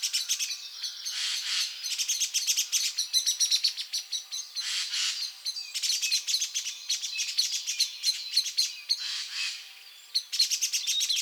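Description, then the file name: Eurasian blackbird calling in a near-continuous run of sharp, rapid clicking notes mixed with high squeaky twitters, briefly pausing near the end. "Turdus merula"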